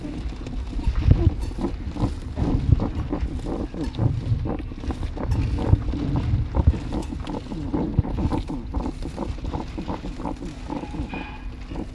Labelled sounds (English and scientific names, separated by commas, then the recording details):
West European Hedgehog (Erinaceus europaeus)
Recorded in captivity
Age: adult
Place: Tierpark Berlin, Berlin, DE
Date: 1965-03-06 14:00
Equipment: Telefunken Magnetophon 300, Sennheiser MD 421, Transistorverstärker
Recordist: Tembrock, Günter